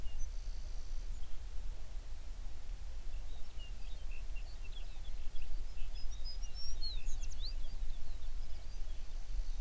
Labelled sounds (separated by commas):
songbird